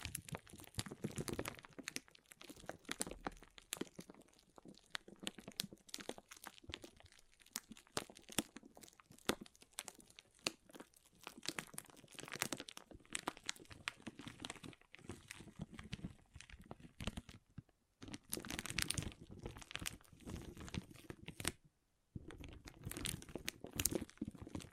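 Water beads are handled in a dense, continuous stream of tiny crackling, squishing and crinkling sounds, bright and busy with no steady rhythm. Louder bursts come and go, and the sound drops out briefly twice, near 17 and 21 seconds.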